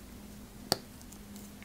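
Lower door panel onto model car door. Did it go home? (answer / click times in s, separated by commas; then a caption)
yes / 0.7 s. The lower door panel of a 1/8 scale model Nissan Skyline GT-R is pressed onto the model car's door. A single sharp click at 0.7 s marks it clipping in place, followed by a few faint ticks against a low steady hum. The panel is seated.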